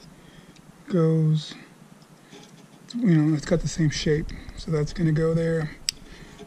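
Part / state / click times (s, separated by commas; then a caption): mass air flow sensor part into intake housing / seated / 5.9 s. A replacement mass air flow sensor is lined up by its matching shape and pushed into the intake housing on a Porsche 911 while someone talks. A sharp, loud click at 5.9 s marks the sensor seating in place.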